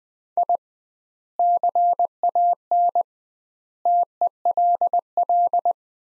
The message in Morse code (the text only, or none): I CAN TELL